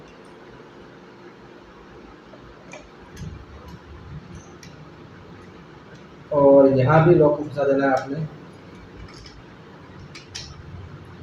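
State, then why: Seated. A CPU cooler's retention clips are hooked onto both sides of the motherboard socket's mounting bracket, and the cam lever is pressed down to clamp the fan and heatsink onto the processor, part of a mining rig build with a 3060 Ti. Someone talks from about 6.3 to 8.3 seconds, with a few faint clicks around it. The lever locks with a sharp snap at 10.4 seconds, and the cooler is seated.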